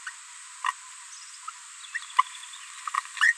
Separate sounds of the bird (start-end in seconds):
0.06-0.10, 0.64-0.71, 1.94-1.99, 2.18-2.23, 2.94-3.00, 3.17-3.34